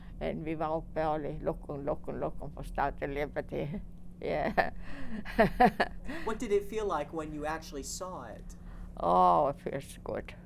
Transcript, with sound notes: And we all went and looking, looking, looking for Statue of Liberty. Yeah. ( she laughs )
What did it feel like when you actually saw it?
Oh, it feels good.